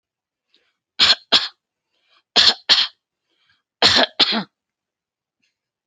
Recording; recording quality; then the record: shallow voluntary cough; excellent, no background noise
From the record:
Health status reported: healthy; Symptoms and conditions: hypertension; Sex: female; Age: 42 years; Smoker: not ticked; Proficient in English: yes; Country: India